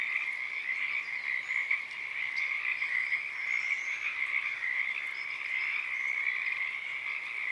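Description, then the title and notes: Pacific tree frogs calling together in a thick continuous chorus of rapid overlapping croaks. Wild field recording, Oaks Bottom Wildlife Refuge, Portland, Oregon, USA; morning of Friday, April 7, 2023; chorus starting and stopping, uncommon at that time of day. "Oaks Bottom Frogs. Friday April 7th, 2023. Oaks Bottom Wildlife Refuge, Portland, Oregon USA. This is the chorus of the Pacific Tree Frog starting and stopping. Field Sound"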